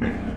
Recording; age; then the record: pig call; growing-finishing pig (85 days or more)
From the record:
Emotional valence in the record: negative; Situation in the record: barren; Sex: female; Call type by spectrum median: low-frequency call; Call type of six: low-frequency stable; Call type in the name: low-frequency stable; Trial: 3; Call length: 0.37 s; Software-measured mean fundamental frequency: 44 Hz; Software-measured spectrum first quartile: 185 Hz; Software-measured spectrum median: 318 Hz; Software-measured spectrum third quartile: 929 Hz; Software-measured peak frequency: 237 Hz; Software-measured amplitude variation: 131 dB a second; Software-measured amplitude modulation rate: 29.6 a second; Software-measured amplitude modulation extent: 4.4 dB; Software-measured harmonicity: 2.7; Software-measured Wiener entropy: -1.15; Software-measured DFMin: 1089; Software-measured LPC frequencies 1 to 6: 1648, 2070, 2782, 3574, 4326, 5436 Hz